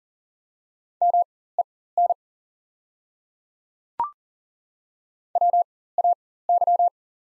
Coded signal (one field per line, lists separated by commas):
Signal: Morse code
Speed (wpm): 40 wpm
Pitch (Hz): 700 Hz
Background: none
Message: MEN WAY